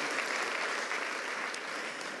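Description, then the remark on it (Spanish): A church audience applauds in worship of the Lord after a psalm is recited. It is a dense, continuous wash of many hands clapping at an even level for a couple of seconds, with no voices standing out. “Aplauso de adoración al Señor.”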